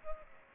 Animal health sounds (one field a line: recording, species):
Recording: mosquito wingbeat signal from an infrared sensor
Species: Culex pipiens